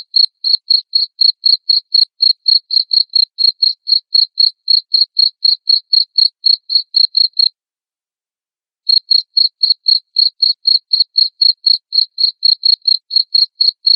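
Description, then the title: Cricket chirps at a fast, regular pace of about four per second, with a pause of over a second midway before the series resumes. Loud cricket chirping used to prompt lovebirds into continuous ngekek chattering song. "Suara JANGKRIK NGERIK Keras Bikin LOVEBIRD Jadi NGEKEK Terus Vubey"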